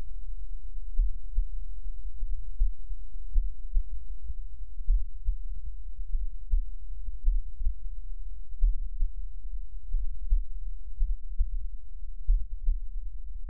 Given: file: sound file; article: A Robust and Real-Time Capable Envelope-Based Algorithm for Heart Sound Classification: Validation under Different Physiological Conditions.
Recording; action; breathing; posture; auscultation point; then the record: heart sounds by electronic stethoscope; rest; normal; lying on stomach; Erb’s point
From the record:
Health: healthy, no known heart disease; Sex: male